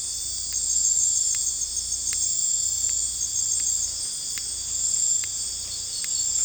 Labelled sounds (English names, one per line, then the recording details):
none
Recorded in dense forest near Puerto Asís, Putumayo, Colombia, on 16 December 2024 at 01:30
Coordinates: 0.466, -76.327
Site G075